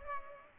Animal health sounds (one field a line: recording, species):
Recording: mosquito wingbeat signal from an infrared sensor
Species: Culex pipiens